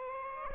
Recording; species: mosquito wingbeat signal from an infrared sensor; Aedes aegypti